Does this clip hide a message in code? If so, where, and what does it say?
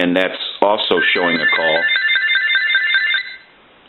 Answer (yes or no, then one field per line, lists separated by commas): no